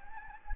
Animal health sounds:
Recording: mosquito wingbeat signal from an infrared sensor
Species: Anopheles gambiae

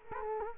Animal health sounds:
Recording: mosquito wingbeat signal from an infrared sensor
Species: Culex quinquefasciatus

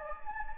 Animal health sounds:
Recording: mosquito wingbeat signal from an infrared sensor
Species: Anopheles gambiae

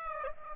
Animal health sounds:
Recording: mosquito wingbeat signal from an infrared sensor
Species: Aedes aegypti

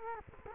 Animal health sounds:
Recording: mosquito wingbeat signal from an infrared sensor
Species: Culex quinquefasciatus

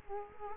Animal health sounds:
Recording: mosquito wingbeat signal from an infrared sensor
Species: Culex quinquefasciatus

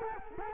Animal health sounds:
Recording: mosquito wingbeat signal from an infrared sensor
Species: Culex quinquefasciatus

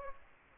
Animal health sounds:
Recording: mosquito wingbeat signal from an infrared sensor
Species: Aedes aegypti

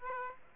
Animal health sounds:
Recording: mosquito wingbeat signal from an infrared sensor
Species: Aedes aegypti

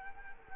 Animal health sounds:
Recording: mosquito wingbeat signal from an infrared sensor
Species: Culex quinquefasciatus

